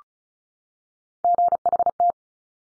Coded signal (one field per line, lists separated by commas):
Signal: Morse code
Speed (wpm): 36 wpm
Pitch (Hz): 700 Hz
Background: none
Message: GHT